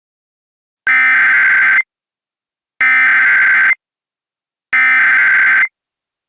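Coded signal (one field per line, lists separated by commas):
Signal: Emergency Alert System (SAME) tones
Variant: header bursts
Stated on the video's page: Fictional alert scenario made with iMovie, using valid tones.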